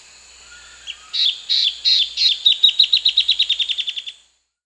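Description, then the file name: Striated antbird song: a few buzzy introductory notes, then a fast series of many short, high, clipped notes that end abruptly. Peru, Amazon. "Striated Antbird (Drymophila devillei), Peru"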